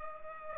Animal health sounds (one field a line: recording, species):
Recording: mosquito wingbeat signal from an infrared sensor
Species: Culex pipiens